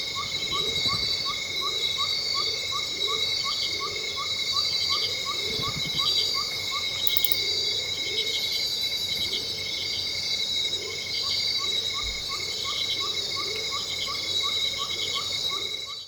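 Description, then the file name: Loud high insect chorus with a steady buzzing whine. Rapid series of short chirps pause midway and resume. Low rounded calls repeat beneath, with a brief thump. Loud insects in a tropical rainforest ambience in Venezuela. "felix blume nature tropical rainforest ambience venezuela loud insects"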